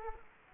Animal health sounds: mosquito wingbeat signal from an infrared sensor; Culex quinquefasciatus

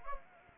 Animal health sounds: mosquito wingbeat signal from an infrared sensor; Anopheles gambiae

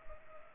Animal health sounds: mosquito wingbeat signal from an infrared sensor; Culex pipiens

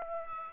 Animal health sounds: mosquito wingbeat signal from an infrared sensor; Aedes aegypti

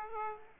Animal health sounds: mosquito wingbeat signal from an infrared sensor; Aedes aegypti

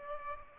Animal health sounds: mosquito wingbeat signal from an infrared sensor; Aedes aegypti

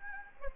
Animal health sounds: mosquito wingbeat signal from an infrared sensor; Anopheles arabiensis

